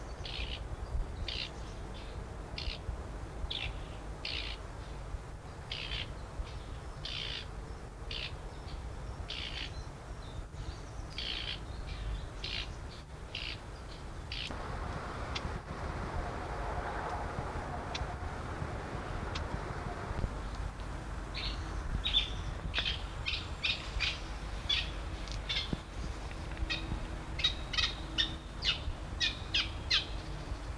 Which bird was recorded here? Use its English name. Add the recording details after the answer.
Eurasian Reed Warbler. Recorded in the wild. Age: adult. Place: Berneburg (Sontra), Hessen, DE. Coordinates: 51.06, 9.88. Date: 1975-08-02. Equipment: Halbspur, 9,5 cm/s. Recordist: Lütgens, Hans. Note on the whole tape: Alte warnen